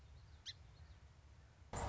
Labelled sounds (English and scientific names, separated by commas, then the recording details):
Song Sparrow (Melospiza melodia)
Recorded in Sonoma County, California